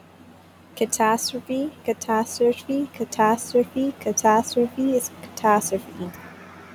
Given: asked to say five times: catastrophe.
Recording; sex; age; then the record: repeated word; female; 20 to 29 years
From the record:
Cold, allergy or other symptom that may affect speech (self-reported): no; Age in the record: 20 years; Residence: Florida, United States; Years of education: 14